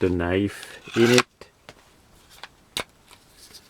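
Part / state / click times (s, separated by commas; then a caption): fixed-blade knife into its sheath lock / seated / 2.8 s. Someone talks as a fixed-blade knife is pushed into the lock part of its sheath, followed by a few small taps and rubs. A sharp click at 2.8 seconds marks the knife snapping into place and locking into the sheath.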